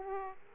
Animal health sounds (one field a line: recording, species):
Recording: mosquito wingbeat signal from an infrared sensor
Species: Aedes aegypti